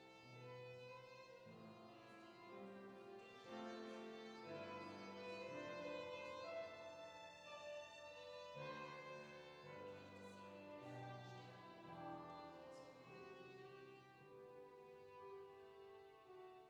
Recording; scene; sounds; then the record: everyday scene through a hearing-aid microphone; reverberant space; music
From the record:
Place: church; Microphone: in the ear canal, left